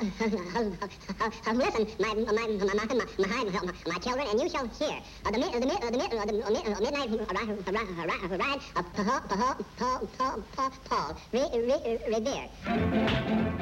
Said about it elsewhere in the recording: He's like a school kid, fat, self-conscious, with a stutter. A recitation by our little friend. It sounds like a real stutter. Yeah, absolutely. In fact, it was. The first voice that they got for it was a man.